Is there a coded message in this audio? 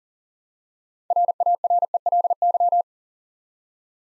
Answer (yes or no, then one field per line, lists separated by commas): yes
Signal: Morse code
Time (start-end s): 1.1-2.8 s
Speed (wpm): 43 wpm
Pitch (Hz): 700 Hz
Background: none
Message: RARELY